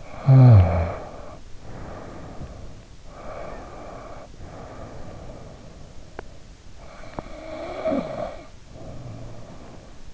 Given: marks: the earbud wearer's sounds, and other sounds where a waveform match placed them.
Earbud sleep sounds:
sounds in sleep by an in-ear microphone; snoring breath, breath, teeth grinding
0.00-3.00 s: snoring breath
3.16-6.50 s: breath
6.06-6.27 s: teeth grinding
6.79-10.14 s: snoring breath
7.09-7.26 s: teeth grinding

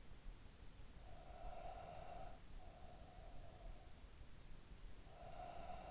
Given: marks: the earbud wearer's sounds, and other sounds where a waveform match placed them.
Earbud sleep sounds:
sounds in sleep by an in-ear microphone; breath
0.73-4.06 s: breath
4.84-5.91 s: breath

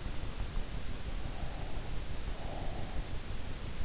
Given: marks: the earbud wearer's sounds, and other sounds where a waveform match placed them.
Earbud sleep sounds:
sounds in sleep by an in-ear microphone; breath
1.94-3.42 s: breath

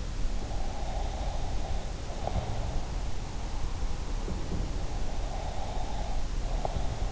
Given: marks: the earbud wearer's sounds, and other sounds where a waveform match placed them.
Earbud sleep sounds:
sounds in sleep by an in-ear microphone; breath
0.39-2.59 s: breath
4.98-7.11 s: breath

